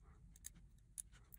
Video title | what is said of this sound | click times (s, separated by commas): [팰콘샵] SIYI AI 인공지능 영상인식 모듈 사용방법 | 딸깍 소리가 나면서 들어가면은 정상적으로 삽입이 된 겁니다 | 1.0 s